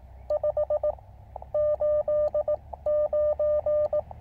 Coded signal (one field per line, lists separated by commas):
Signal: Morse code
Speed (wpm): 19 wpm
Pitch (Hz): 600 Hz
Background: none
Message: 589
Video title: Building The QRP Labs QCX Mini CW Morse Code Radio.